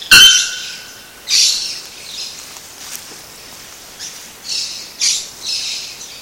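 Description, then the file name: Bare-throated bellbird giving one loud, piercing metallic clank at the start, followed by faint hissing sounds. Recorded at Sítio Cachoeira, Mogi das Cruzes, São Paulo state, Brazil, on 7-2-15. "Procnias-nudicollis-sitiocachoeira-Mogidas Cruzes SP-BR-7-2-15-ASilveira"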